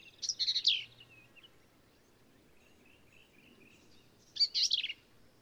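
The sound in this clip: Black-capped vireo song, two scratchy, jumbled high phrases about four seconds apart, with faint softer notes in the gap.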